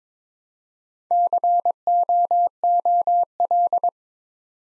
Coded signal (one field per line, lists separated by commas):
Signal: Morse code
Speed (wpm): 22 wpm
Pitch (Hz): 700 Hz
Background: none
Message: COOL